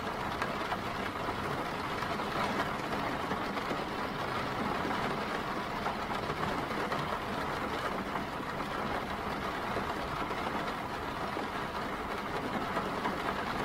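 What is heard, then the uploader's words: Steady, dense rain and wind roar without pause, a thick even hiss over a low rumble, with fine crackling texture throughout. Rain And Wind Sounds.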